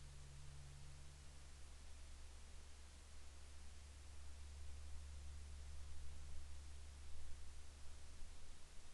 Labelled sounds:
aircraft
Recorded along the Dempster Highway, Canada, on 30 March 2020 at 11:19
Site 17

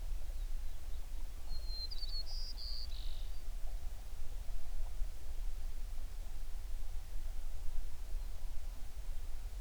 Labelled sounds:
songbird
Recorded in the Prudhoe Bay oil fields, Alaska, on 11 June 2019 at 04:52
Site 21

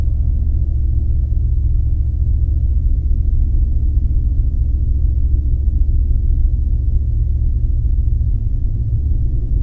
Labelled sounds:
flare stack
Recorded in the Arctic National Wildlife Refuge, Alaska, on 3 September 2019 at 19:56
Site 48

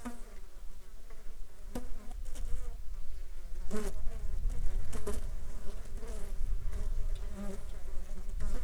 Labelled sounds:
insects
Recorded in the Arctic National Wildlife Refuge, Alaska, on 11 July 2019 at 11:56
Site 35

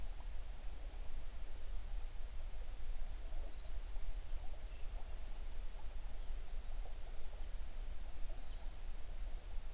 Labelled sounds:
songbird
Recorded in the Prudhoe Bay oil fields, Alaska, on 11 June 2019 at 05:44
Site 21

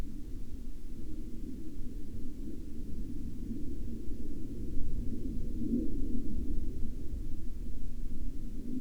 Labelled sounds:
aircraft
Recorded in the Arctic National Wildlife Refuge, Alaska, on 10 May 2019 at 04:01
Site 35

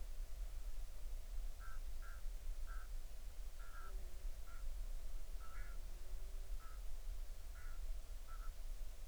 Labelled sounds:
waterfowl
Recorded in the Arctic National Wildlife Refuge, Alaska, on 20 July 2019 at 02:47
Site 38

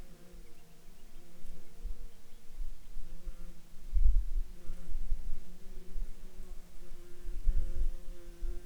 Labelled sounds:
bird, insects
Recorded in Ivvavik National Park, Yukon, on 30 June 2019 at 18:57
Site SINP09

